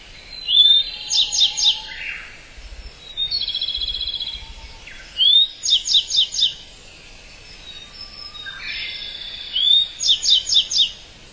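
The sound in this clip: Gray bunting singing short phrases: a sliding whistle, then rapid, high, ringing notes, about three phrases with fainter trills between and a low background hiss.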